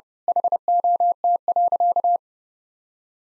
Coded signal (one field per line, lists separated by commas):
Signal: Morse code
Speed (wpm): 32 wpm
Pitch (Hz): 700 Hz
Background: none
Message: HOT.